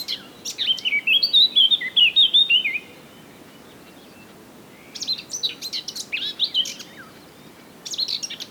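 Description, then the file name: Eurasian blackcap warbling: a bright, fluty phrase, a pause, then a scratchier, chattering phrase and the start of another near the end. "Sylvia atricapilla"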